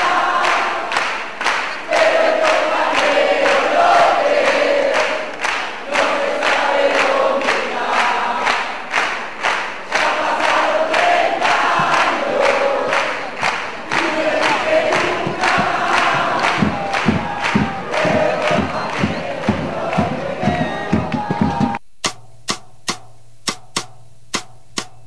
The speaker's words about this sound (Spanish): El compañero López no se sabe dónde está, gritaban los presentes en el Salón Dorado de la Municipalidad de La Plata luego de escuchar la lectura de la sentencia a Miguel Echecolás.